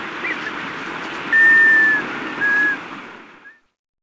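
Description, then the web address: White-winged Scoter giving two clear whistles, a long falling note then a short one, against constant surf-like hiss that fades out at the end. "Peterson North American Birds"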